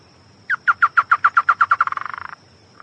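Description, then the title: Chotoy spinetail song: a loud series of about ten clipped notes that speeds up and fades into a fast chattering trill, lasting around two seconds. "LuckyPassaro Completos2Sama. Chotoy Spinetail (Schoeniophylax phryganophilus)"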